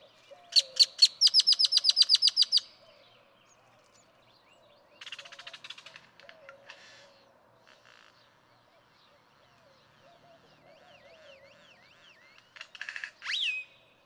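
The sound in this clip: Great-tailed grackle song: a fast burst of sharp, repeated clacking notes, then buzzy rattles and a run of slurred whistles, ending in another harsh clattering burst.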